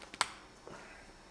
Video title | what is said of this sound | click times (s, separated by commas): Team Lovetap Tutorial - Nuke Performance CFC Unit & Deatschwerks DW400 | if you hear a click, you know you're in. That's the filter. | 0.2 s